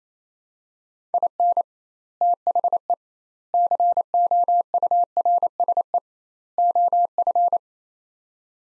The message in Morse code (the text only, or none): IN THE COURSE OF